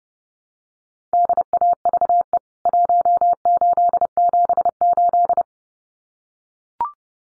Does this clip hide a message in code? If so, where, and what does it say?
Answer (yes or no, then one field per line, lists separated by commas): yes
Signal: Morse code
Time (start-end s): 1.1-5.4 s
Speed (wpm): 30 wpm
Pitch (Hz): 700 Hz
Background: none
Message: DAVE 1878